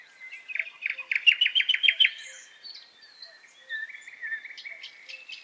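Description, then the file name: Common nightingale song: a fast run of loud, evenly spaced clicking notes, then thinner whistled phrases and a softer chattering trill. "Solovei"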